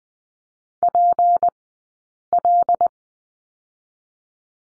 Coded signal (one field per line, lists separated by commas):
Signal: Morse code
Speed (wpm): 19 wpm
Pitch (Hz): 700 Hz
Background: none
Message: PL